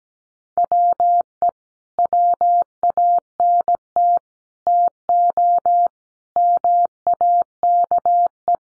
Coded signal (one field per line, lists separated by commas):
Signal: Morse code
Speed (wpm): 17 wpm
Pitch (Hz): 700 Hz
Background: none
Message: WE WANT TO MAKE